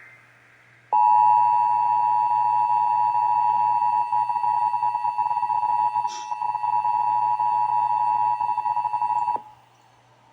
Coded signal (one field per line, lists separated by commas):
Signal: Emergency Alert System (SAME) tones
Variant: 853 and 960 Hz attention tone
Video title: (EAS #930-934) September 2025 Texas Required Monthly Test